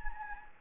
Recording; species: mosquito wingbeat signal from an infrared sensor; Anopheles gambiae